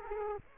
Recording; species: mosquito wingbeat signal from an infrared sensor; Aedes aegypti